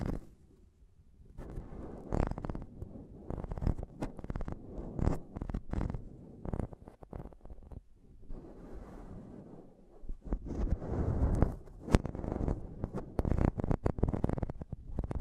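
Mic tapping and scratching: sharp taps scattered throughout, struck irregularly and often in quick clusters, over a rough, rumbling scratching that swells and fades. The first second is nearly quiet, then busy stretches alternate with brief pauses, with the densest activity around ten to fifteen seconds.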